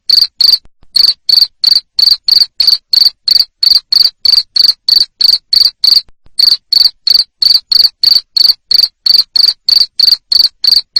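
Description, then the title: Cricket sounding loud, piercing chirps repeated evenly near three times a second, with short gaps. Loud cricket chirping used to make lovebirds sing continuously. "Suara JANGKRIK NGERIK Keras Bikin LOVEBIRD Jadi NGEKEK Terus"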